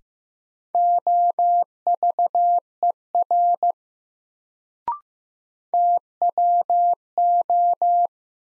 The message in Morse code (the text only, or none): OVER TWO